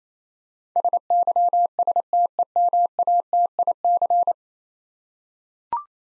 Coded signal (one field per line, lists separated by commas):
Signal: Morse code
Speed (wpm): 28 wpm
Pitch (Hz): 700 Hz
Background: none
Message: SYSTEMATIC